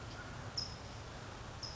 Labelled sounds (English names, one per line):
California Towhee